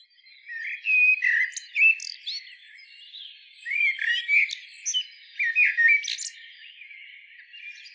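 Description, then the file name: Eurasian blackbird song: two phrases of thin, squeaky, scratchy twittering notes, separated by a short pause. "Turdus merula"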